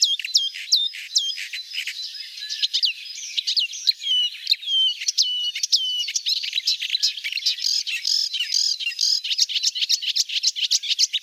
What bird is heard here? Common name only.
Marsh Warbler